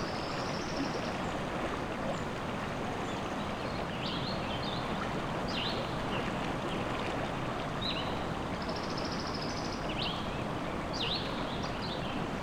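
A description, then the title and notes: A river rushes steadily through the woods, a dense, unbroken wash of water sound that stays level throughout. Above it, small birds chirp and trill in short bright bursts every second or two, some sharp and clear, others thinner. River Through the Woods.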